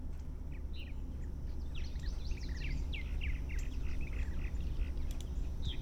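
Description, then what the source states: Purple Martin chatter of quick, gurgling chirps and short warbled notes tumbling in a loose stream over a steady low rumbling noise. Field recording made with an external shotgun microphone plugged into a phone, using a bird identification app.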